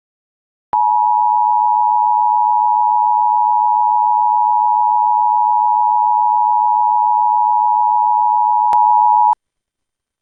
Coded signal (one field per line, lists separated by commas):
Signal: Emergency Alert System (SAME) tones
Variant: 853 and 960 Hz attention tone